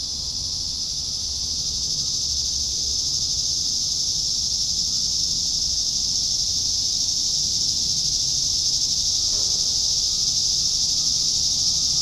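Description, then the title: A high, shimmering cicada buzz runs unbroken and steady, growing a little louder in the first seconds, over faint low background noise. "neoscenes: cicadas"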